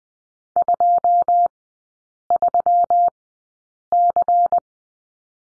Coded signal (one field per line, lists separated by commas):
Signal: Morse code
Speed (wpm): 20 wpm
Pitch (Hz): 700 Hz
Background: none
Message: 23C